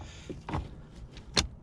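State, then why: Seated. On a Honda CR-V, with the new cabin air filter in place behind the glovebox, the plastic filter access cover is pushed closed into the filter housing. Two sharp plastic clicks are heard at about 0.5 s and 1.4 s, the second one louder. The cover is clipped in and seated.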